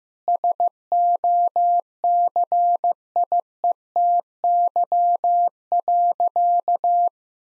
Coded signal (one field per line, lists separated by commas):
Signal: Morse code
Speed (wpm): 15 wpm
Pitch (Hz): 700 Hz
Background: none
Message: SOCIETY.